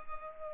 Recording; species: mosquito wingbeat signal from an infrared sensor; Culex pipiens